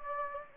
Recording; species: mosquito wingbeat signal from an infrared sensor; Anopheles gambiae